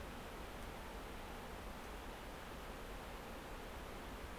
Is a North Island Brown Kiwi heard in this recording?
no